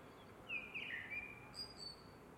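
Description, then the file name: Eurasian blackbird giving a short, sliding whistled warble followed by a faint thin high note, with steady low background noise. "MERLES"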